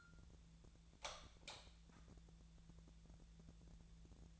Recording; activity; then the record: daily activity, microphone in the room; light on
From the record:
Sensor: 3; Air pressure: 1000.0 hPa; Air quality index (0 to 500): 123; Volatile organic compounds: 2 ppm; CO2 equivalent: 1098 ppm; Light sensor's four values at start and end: 45/113/48/54 and 48/122/52/57